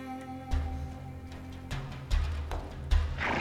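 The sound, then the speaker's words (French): Horses' hooves clip-clop in a slow, uneven rhythm as riders cross Armenia, a handful of heavy thuds standing out over a steady low hum, with no voices. “À cheval et à pied, ils traversent la petite, puis la grande Arménie, en passant, bien sûr, par la Turcomanie.”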